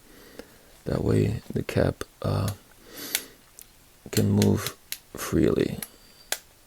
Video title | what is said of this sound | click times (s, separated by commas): Craftsman (Miller Falls) Push Drill TOTAL TEARDOWN | and there it locks in place | 6.3 s